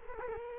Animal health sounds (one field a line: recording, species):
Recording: mosquito wingbeat signal from an infrared sensor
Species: Culex quinquefasciatus